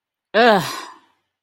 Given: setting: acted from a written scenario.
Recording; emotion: vocal sound without words; disgust